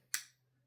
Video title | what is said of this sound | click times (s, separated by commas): Mattel Hammond Collection Giganotosaurus Action Figure Review | it'll go up this high and then you'll hear a click | 0.1 s